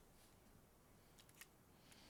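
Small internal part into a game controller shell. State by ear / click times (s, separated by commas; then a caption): not seated / none. A small internal part that was forgotten during reassembly is being fitted into the shell of a cleaned PlayStation 2 controller found in the street, and is thought to clip in. Faint plastic handling noise runs throughout, with a few brief, bright ticks around 1.2 to 1.4 seconds and again near 1.9 seconds. Nothing has seated or clicked yet.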